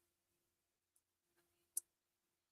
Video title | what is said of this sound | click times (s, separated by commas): Wat's She up to Wednesdays: Lets use 3 items to make a stunning slab for jewelry or a suncatcher | You hear the click? | 1.8 s